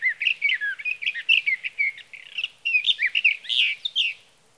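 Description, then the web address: Sage thrasher delivering a rapid, near-continuous warble of varied whistled and slurred notes, rising and falling in quick succession. "birdsongforthecurious Sage Thrasher"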